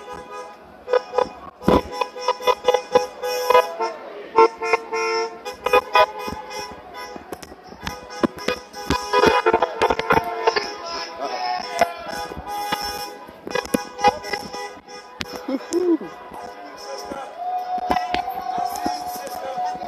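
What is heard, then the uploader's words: A protest in Niagara Square in downtown Buffalo, heard as a dense, constantly shifting mix of many voices talking and calling out at once. Sharp bursts punctuate it every second or so, and near the end a sustained tone, like a horn or held shout, rises above the crowd. Niagara Square Protest in Downtown Buffalo.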